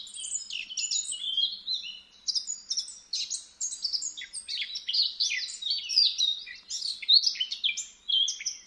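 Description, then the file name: Eurasian blackcap singing a continuous, energetic warble of chirpy, scratchy and whistled notes in quick irregular succession. "Sylvia atricapilla"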